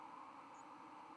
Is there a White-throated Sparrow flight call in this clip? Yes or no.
no